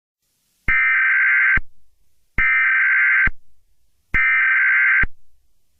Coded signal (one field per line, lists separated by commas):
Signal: Emergency Alert System (SAME) tones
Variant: header bursts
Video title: EAS Scenario #1: The Jersey Devil